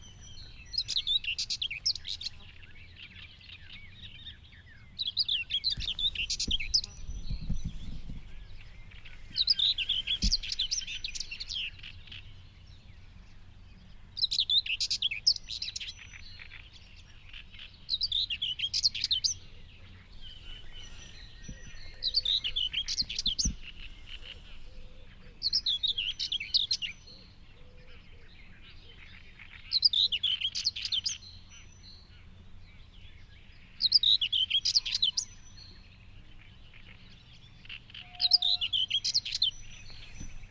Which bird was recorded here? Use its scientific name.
Sylvia communis